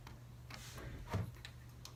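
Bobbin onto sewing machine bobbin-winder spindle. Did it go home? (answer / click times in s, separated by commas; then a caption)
yes / 1.4 s, 1.9 s. A metal bobbin is pushed onto the silver bobbin-winder spindle of a Singer Industrial 400w21 sewing machine. Faint rustling and handling sounds are followed by tiny, barely audible clicks at 1.5 s and 1.9 s. The bobbin seats on the spindle.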